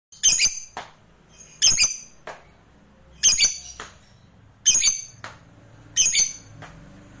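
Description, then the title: Lovebird squawks: harsh, shrill bursts given about every one and a half seconds, each with a brief rasping tail, over faint background hum. Played to stir a lovebird that is reluctant to sing into spirited, spontaneous singing right away. "LOVEBIRD Malas Bunyi JADI GREGET SPONTAN Langsung NARIK"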